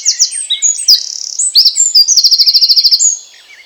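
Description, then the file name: Eurasian wren singing a loud, high, rapid song of sharp notes and buzzy rattles, ending in a fast even trill. "Troglodytes troglodytes"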